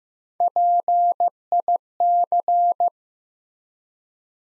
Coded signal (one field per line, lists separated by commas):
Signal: Morse code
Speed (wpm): 15 wpm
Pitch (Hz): 700 Hz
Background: none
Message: PIC